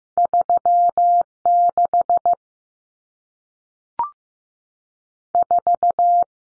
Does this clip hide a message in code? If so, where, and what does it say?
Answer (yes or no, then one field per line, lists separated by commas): yes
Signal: Morse code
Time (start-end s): 0.2-6.2 s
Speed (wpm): 15 wpm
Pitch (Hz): 700 Hz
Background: none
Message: 36 4